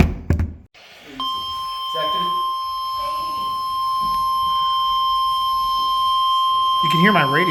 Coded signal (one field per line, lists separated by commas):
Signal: Emergency Alert System (SAME) tones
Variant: 1050 Hz attention tone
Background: speech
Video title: 420 - EAS Alerts from 04/20/2023 (EAS #893-940)